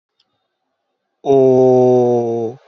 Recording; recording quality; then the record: sustained vowel as in boot; excellent, no background noise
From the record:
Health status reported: recovered from COVID-19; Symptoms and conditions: fever, muscle pain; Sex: male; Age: 28 years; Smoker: not ticked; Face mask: worn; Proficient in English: yes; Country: India